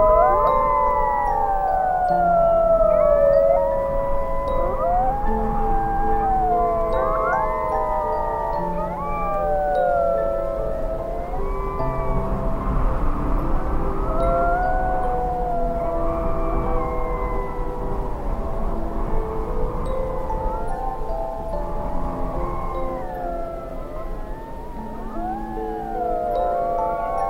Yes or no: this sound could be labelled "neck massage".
no